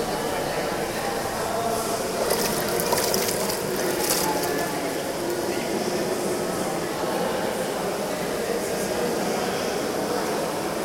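Inside a thermal bathhouse, a dense, steady wash of murmuring voices and echoing water fills the room at an even level throughout. Between about two and four and a half seconds, a cluster of bright clicks and splashes rises above the hum.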